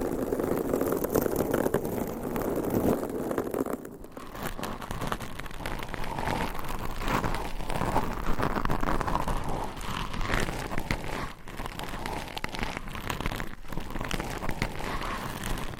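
Nails scratch over microphone covers in a dense, continuous rasping that sounds almost like rain. The first four seconds are fuller and lower, then after a brief break the scratching turns thinner and brighter, with short gaps near eleven and thirteen seconds.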